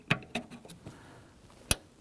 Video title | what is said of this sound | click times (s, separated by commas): How to Replace Fuel Transfer Unit 2010-2019 Ford Taurus (3.5L V6) | You can hear that click. | 1.7 s